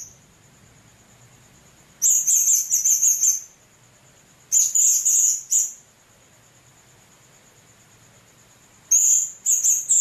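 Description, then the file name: Blue-crowned hanging parrot producing three clusters of rapid, shrill twittering notes separated by quiet gaps, over a faint constant high tone. "serindit"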